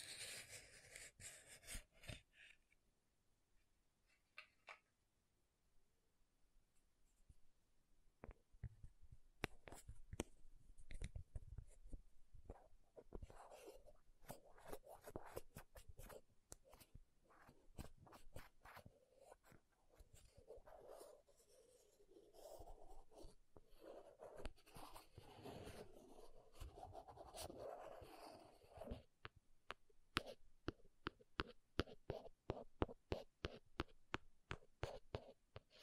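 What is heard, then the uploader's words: Tapping and scratching on makeup containers. After a brief burst at the start, soft scratches and rubs build from around ten seconds, with many sharp taps. The last few seconds become a fast, regular run of crisp taps. ASMR MAKEUP TAPPING & SCRATCHING 3CE Unboxing (No Talking).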